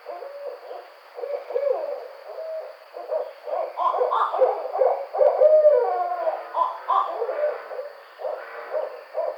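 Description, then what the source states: Barred owl hooting and cackling in a dense, excited run of overlapping notes, rising and falling in loudness over nine seconds, with a steady faint high hum. Recorded on 5 June 2009.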